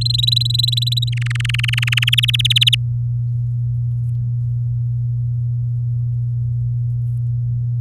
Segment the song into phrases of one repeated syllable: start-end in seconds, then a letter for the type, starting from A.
0.01-1.09 A, 1.12-2.15 B, 2.17-2.75 C